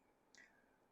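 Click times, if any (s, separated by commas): 0.3 s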